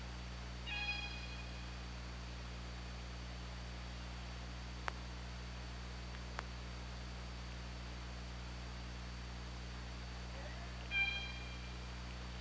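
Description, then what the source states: Killer whale calls: two brief harmonic, tonal calls near the start and near the end, over steady low hum and background hiss, with two sharp clicks between them. Recorded at OrcaLab on 24 August 2017 at 23:20.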